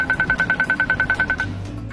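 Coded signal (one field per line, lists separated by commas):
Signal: beep code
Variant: accessible pedestrian signal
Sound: fast sharp ticking beeps, about ten per second, for one and a half seconds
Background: street hum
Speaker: do you sometimes hear this sound when you're walking in New York City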